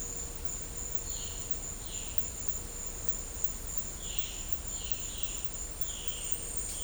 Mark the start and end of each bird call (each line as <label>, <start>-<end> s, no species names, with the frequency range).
bird call (2.0-5.1 kHz), 1.05-2.13 s
bird call (2.4-4.7 kHz), 3.97-4.40 s
bird call (2.3-4.8 kHz), 4.67-5.40 s
bird call (2.2-4.0 kHz), 5.82-6.41 s